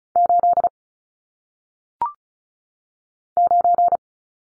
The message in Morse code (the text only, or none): 8 9